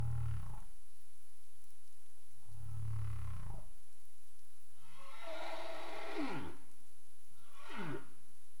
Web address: CARIMAM clean data humpback whale 20350427 222331 UTC